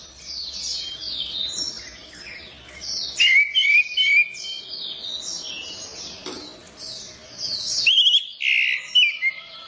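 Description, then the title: Orange-headed thrush pouring out quick high chattering notes, then a run of loud whistled warbles, and more twitters and whistles near the end. Champion bird, described as 'gacor teler doyorng'. "Suara Burung Anis Merah Gacor Teler Doyorng Juara"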